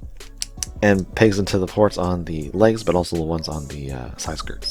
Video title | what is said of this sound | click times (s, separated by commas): I'm so glad I was able to pick up a HG Efreet Nacht. | perfectly. Just perfectly. Snaps right in really nice. Holds well | 0.4 s, 0.6 s